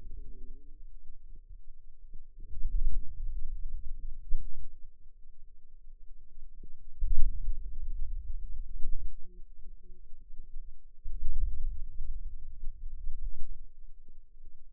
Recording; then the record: forearm muscle sounds (acoustic myography)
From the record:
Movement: hand opening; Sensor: system 2, bracelet of six BSWA MPA416 microphones around the upper forearm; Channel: 1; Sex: female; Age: 21 years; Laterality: right